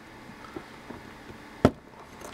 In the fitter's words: and you'll hear a snap I